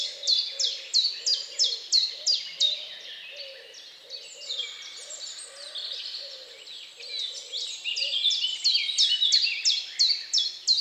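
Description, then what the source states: Birds: bird chorus with a rhythmic train of high, sharply falling notes, about three per second, over lower repeated warbles and other overlapping singers. Birds singing at dawn.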